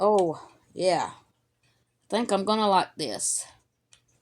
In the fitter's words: That one snapped right in when I connected them.